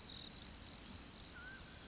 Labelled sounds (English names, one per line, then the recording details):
Mountain Quail
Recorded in Sonoma County, California